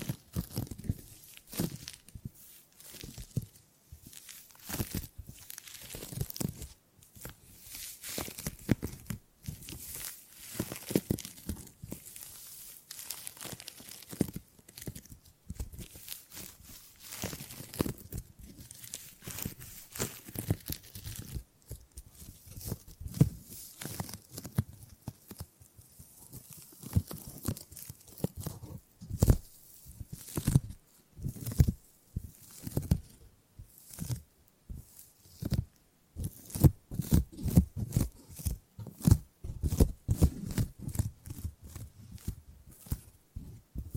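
Gripping and grabbing sounds made of quick, irregular handling noises: short crinkly, tearing-like rustles and soft thumps. The bursts come in uneven clusters throughout, thinning around the middle and growing denser and sharper toward the end, with brief silences between grabs.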